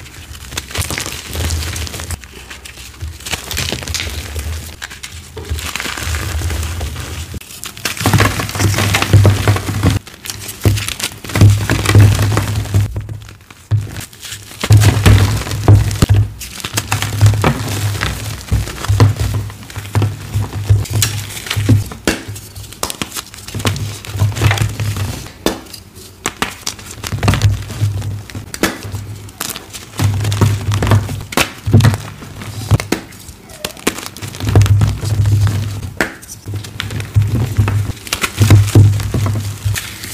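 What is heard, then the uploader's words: Gym chalk is crushed, with dry, crunchy crumbling and crinkling bursts that come in uneven waves. Soft thuds and sharp cracks punctuate the grinding, with brief pauses around eight and thirteen seconds. Colorful Crispy Crushes. Crunchy Gym Chalk Crushes.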